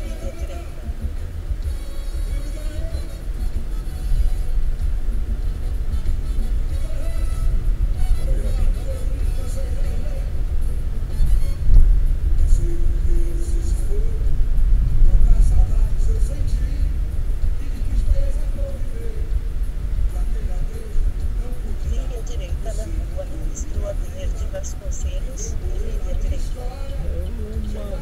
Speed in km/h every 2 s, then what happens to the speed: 5, 8, 11, 16, 18, 21, 24, 25, 26, 27, 27, 24, 19, 11.
0-17 speeds up to 27. 21-28 slows to 11.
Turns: none.